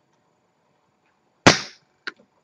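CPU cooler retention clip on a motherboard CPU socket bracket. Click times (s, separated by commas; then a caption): 1.5 s. A CPU cooler retention clip on a motherboard CPU socket bracket is clamped down: with both cooler clips hooked on, the retention arm is pulled over to clamp the cooler onto the CPU. After a near-silent start, a loud, sharp snap rings out at 1.5 s and fades over about a quarter second, followed by a brief faint tick near 2.1 s. The retention arm snaps locked at 1.5 s, and the cooler is seated.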